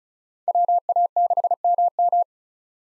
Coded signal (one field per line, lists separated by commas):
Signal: Morse code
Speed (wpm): 36 wpm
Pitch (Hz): 700 Hz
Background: none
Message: WA6MM